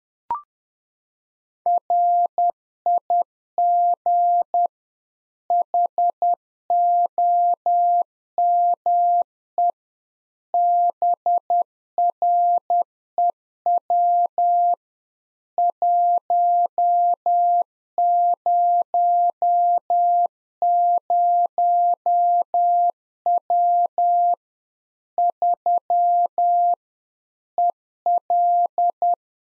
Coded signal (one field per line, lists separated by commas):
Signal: Morse code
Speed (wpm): 10 wpm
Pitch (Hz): 700 Hz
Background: none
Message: RIG HOME BREW 100W 3 EL